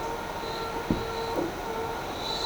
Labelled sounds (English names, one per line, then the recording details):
none
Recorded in shrubland near Pivijay, Magdalena, Colombia, on 14 April 2023 at 13:30
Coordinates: 10.453, -74.365
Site P5-G022